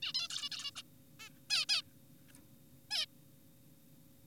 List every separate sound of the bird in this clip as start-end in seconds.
0.03-0.13, 0.15-0.28, 0.30-0.49, 0.52-0.71, 0.76-0.82, 1.20-1.30, 1.50-1.65, 1.69-1.83, 2.91-3.06